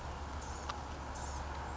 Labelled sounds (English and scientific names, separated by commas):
Blue-gray Gnatcatcher (Polioptila caerulea)